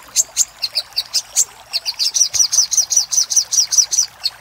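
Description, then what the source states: Little spiderhunter song: spaced high chirps at first, then a steady series of sharp, slightly down-slurred notes. Master recording used for training cage birds.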